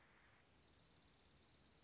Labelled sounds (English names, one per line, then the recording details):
Dark-eyed Junco
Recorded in Sonoma County, California